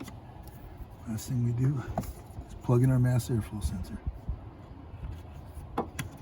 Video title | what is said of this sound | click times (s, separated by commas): How to Clean or Replace Mass Airflow Sensor Chevy Impala | Push it down until you hear it click. | 5.8 s